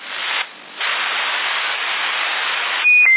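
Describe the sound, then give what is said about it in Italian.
Steady CB radio static hisses throughout, in Sassari in February 2010, dipping briefly near the start, then a short high-pitched electronic beep, the only thing coming through, sounds at the very end, stepping slightly down in pitch. “Nada, solo il bip esce”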